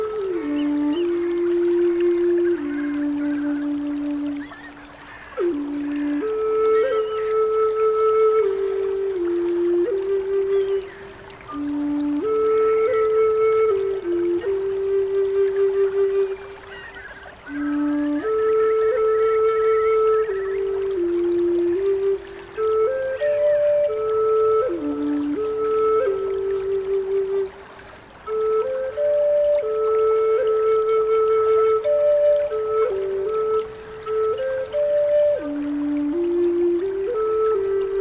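A soft flute plays a slow, mid-pitched melody in short phrases, stepping between a few held notes and pausing briefly every five or six seconds. Beneath it runs a steady, even hiss of rainforest ambience, like flowing water, throughout.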